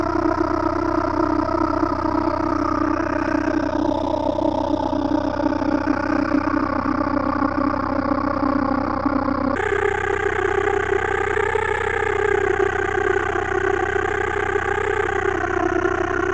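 A digital insect swarm drones on as a dense, steady buzzing mass with a low hum underneath and stacked tones that waver slowly. Around ten seconds the texture shifts abruptly, turning brighter and thicker, then holds steady to the end.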